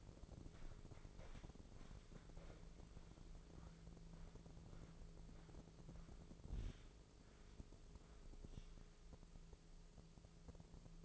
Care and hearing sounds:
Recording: daily activity, microphone in the room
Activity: walk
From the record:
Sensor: 5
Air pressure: 1005.7 hPa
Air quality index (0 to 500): 86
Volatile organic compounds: 2 ppm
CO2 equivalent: 1050 ppm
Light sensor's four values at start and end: 33/76/30/28 and 33/76/30/28

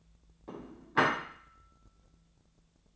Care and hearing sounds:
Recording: daily activity, microphone in the room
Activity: place plate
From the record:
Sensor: 3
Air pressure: 1000.3 hPa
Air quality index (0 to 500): 140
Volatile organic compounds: 2 ppm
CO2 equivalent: 1245 ppm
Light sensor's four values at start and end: 26/63/27/30 and 25/62/27/30

